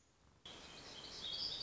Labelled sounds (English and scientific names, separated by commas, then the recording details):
Black-throated Gray Warbler (Setophaga nigrescens)
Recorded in Sonoma County, California